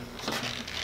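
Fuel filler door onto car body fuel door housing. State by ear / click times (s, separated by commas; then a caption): seated / 0.7 s. An aftermarket American Authority fuel door for a 2016–2018 Camaro is hooked onto the front notches of the car body's fuel filler housing and pushed so its tab slides over and locks behind the housing piece. A soft scraping, rustling push builds from about 0.2 s, then a short sharp snap is heard at 0.7 s as the fuel door clicks into place and is seated.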